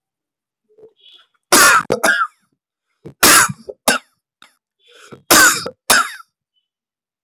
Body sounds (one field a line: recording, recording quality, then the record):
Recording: heavy voluntary cough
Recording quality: excellent, no background noise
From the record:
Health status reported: COVID-19 positive, mild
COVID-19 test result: positive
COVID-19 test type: RT-PCR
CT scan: not taken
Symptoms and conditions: cough, cold, sore throat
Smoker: no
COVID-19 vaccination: both doses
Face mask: not worn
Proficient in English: yes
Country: India